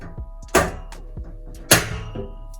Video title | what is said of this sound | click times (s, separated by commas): Complete Ensuite Bathroom Refurb #4 - Mission Creep: The Heating Sideshow | came included in the package with the radiator and it just snaps into place | 1.7 s